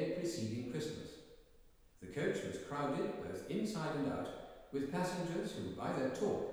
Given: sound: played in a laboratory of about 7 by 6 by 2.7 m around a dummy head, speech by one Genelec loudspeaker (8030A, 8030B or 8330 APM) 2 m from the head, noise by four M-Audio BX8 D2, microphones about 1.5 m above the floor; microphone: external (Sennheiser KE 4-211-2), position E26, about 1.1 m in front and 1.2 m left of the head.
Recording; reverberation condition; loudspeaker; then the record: male speech in English; high; 30 degrees to the right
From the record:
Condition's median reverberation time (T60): about 1300 ms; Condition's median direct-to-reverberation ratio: about -4.0 dB